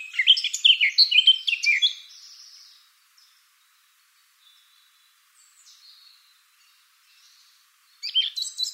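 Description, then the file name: Eurasian blackcap song: a loud, jumbled warble for two seconds fading into quiet, a few faint high notes, then a brief sharp burst at the end. "Sylvia atricapilla"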